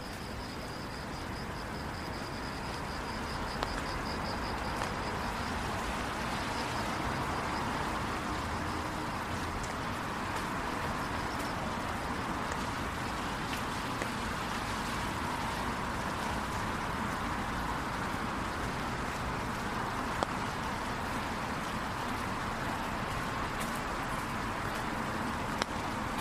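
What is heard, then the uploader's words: A rainy night downtown with a steady, dense hiss of rain and wet traffic that barely changes over the whole stretch. A low rumble of passing vehicles runs underneath, and a faint high whine sounds briefly near the start. Going For A Walk Downtown on A Rainy Night.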